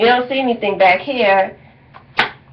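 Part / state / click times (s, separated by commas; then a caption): magnetic flap into makeup case / seated / 2.2 s. Someone talks for about the first 1.5 seconds, then the magnetic flap of a travel makeup case is pressed home against its magnet. A faint tick at 2.0 s is followed by a sharp, bright click at 2.2 s as the flap seats in place.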